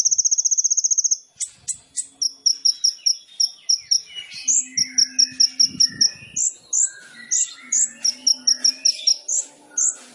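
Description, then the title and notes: Sunbird song opening with a rapid high trill, then a steady run of sharp chips and brief whistles in an uneven rhythm. Masteran for cage songbirds, full song with fills (isian) and bursts (tembakan), described as gacor, used as a lure (pancingan). "MASTERAN KOLIBRI NINJA FULL ISIAN DAN TEMBAKAN PANCINGAN. Suara Burung Kolibri Ninja Gacor"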